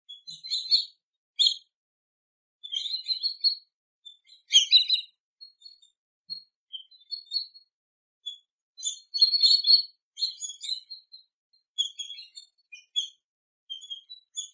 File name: Canto do Gaviao tesoura